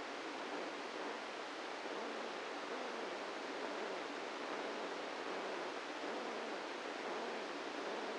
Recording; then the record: brain microelectrode recording played as sound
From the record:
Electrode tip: inside the subthalamic nucleus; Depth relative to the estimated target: -1 mm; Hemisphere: right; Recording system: NeuroSet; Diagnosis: Parkinson's disease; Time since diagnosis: 17 years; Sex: male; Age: 64 years